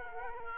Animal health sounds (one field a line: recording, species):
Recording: mosquito wingbeat signal from an infrared sensor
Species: Culex quinquefasciatus